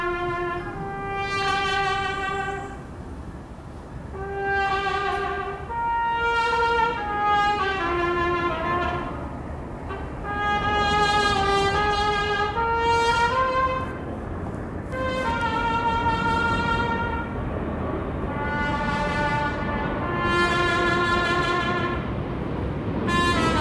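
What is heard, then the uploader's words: A Mexico City soundscape where a run of sustained, reedy horn-like tones shifts pitch every second or two, tracing a slow tune that continues throughout. A steady low rumble of traffic sits underneath the whole time. Ciudad de México Soundscape.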